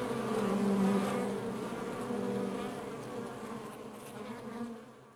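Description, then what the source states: Honey bee buzzing: a deep, strong buzz swells early, then the busy hum of many bees gradually fades toward the end. Outside the hive.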